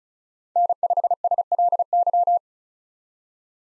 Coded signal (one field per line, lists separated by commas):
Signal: Morse code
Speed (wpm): 36 wpm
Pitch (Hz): 700 Hz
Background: none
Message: N5SLY